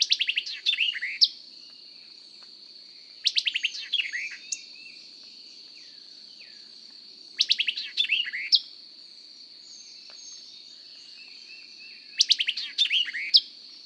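White-eyed Vireo song, emphatic phrases of rapid chips, slurred whistles and a sharp closing note, given four times with short pauses, steady hiss behind.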